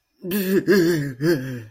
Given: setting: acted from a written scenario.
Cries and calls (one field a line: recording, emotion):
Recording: vocal sound without words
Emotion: disgust